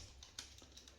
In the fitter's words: just spinning there's absolutely no pressure in that i'm literally freewheeling it it's there's nothing there